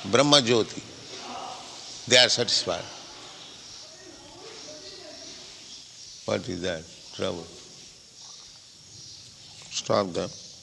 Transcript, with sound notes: brahma-jyotir. They are satisfied. [workers yelling in background] What is that, trouble? Stop them.